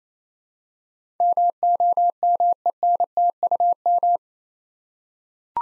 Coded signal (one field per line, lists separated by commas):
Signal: Morse code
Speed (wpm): 28 wpm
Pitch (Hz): 700 Hz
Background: none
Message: MOMENTUM